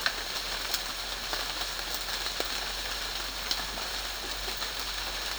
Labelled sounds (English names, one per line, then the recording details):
none
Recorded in dense forest near Puerto Asís, Putumayo, Colombia, on 12 March 2025 at 09:00
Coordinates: 0.484, -76.325
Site G045